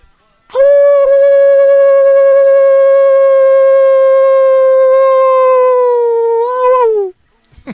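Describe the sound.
A person imitates a tango-style howl as a farewell, one long, steady, loud wail held for about six seconds at a fairly high pitch, dipping slightly and wavering just before it breaks off.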